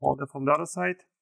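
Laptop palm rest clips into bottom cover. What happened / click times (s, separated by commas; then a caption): Handled only; no seating click yet / none. Someone talks while the palm rest of an Asus BR1100CK laptop is being squeezed onto its plastic bottom cover from the other side during a battery replacement. Only speech is heard in this short moment, with no distinct snap. The clips have not clicked home yet; nothing has seated.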